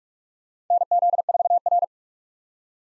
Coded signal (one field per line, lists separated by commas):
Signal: Morse code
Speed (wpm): 46 wpm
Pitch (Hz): 700 Hz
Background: none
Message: NZ4R